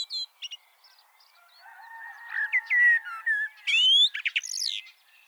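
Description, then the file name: Common blackbird song: a few chirps, then soft low whistling building into clear fluted notes and a rapid high twittering ending. "Turdus merula"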